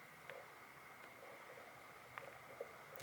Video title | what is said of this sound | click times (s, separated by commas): Crochet Cow Tutorial! How To Crochet A Cow Plushie! Cow Amigurumi Tutorial | I don't know if you could hear that but it did make a little click almost like a pop noise that's what you want to hear | 0.3 s, 2.2 s